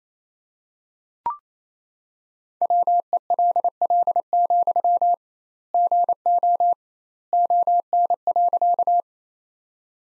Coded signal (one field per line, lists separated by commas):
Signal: Morse code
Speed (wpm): 28 wpm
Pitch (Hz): 700 Hz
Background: none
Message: WELL, GO ON.